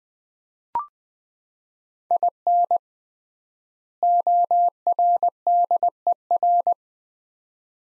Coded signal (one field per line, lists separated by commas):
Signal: Morse code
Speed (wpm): 20 wpm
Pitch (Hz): 700 Hz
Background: none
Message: IN ORDER